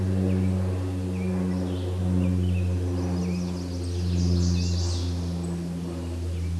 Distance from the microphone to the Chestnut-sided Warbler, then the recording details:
about 25 m. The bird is about 5 m above the microphone. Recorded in a Pennsylvania forest on 16 May 2024 at 09:24. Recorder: AudioMoth, point MSD-1849. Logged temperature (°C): 12.1 °C. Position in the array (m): 16 m, 25 m